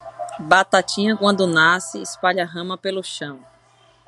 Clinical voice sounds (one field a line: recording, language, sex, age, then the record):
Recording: short text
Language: Brazilian Portuguese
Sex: female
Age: 40 to 49 years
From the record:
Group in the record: control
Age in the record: 41 years